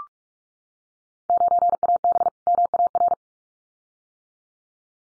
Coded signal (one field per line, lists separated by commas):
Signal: Morse code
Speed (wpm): 46 wpm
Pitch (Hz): 700 Hz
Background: none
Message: 9AB MAR